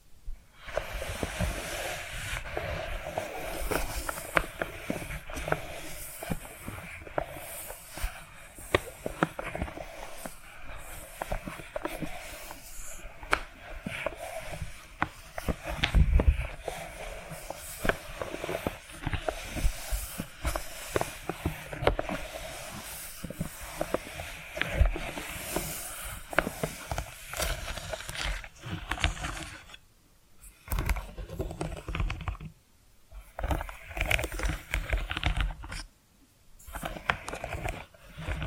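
Tapping and scratching sounds run almost continuously, a dense crackle of quick, uneven taps over a dry scraping texture. The level stays fairly steady through most of it, with a heavier bump near sixteen seconds and brief near-silent gaps around thirty and thirty-five seconds.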